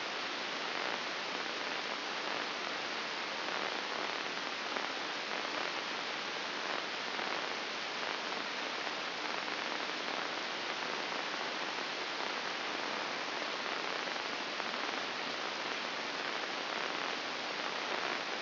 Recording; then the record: brain microelectrode recording played as sound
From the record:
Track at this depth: outside the subthalamic nucleus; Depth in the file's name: 7.46 mm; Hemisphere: left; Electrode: 2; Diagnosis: Parkinson's disease